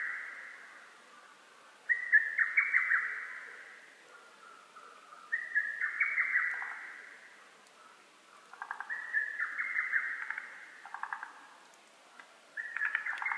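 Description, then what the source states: Lesser cuckoo singing hurried, whistled chattering phrases, each a quick run of notes lasting about two seconds, repeated four times with quiet gaps between. Recorded 12 June 2010.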